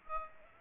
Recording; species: mosquito wingbeat signal from an infrared sensor; Aedes aegypti